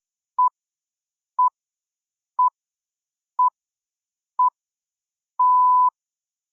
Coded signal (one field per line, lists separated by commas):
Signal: radio time signal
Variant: time pips